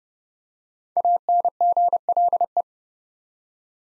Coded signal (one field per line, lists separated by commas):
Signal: Morse code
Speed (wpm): 30 wpm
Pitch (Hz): 700 Hz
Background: none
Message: ANGLE